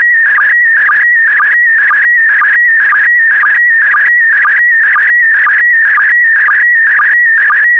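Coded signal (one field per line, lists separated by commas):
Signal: SSTV (slow-scan television)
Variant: PD120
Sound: warbling, chirping tone with steady rhythmic ticks about twice a second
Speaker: The next image transmission will start in 10 seconds.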